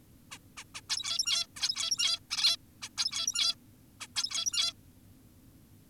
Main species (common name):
Zebra Finch